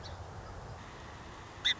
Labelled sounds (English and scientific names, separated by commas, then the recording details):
Song Sparrow (Melospiza melodia)
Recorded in Sonoma County, California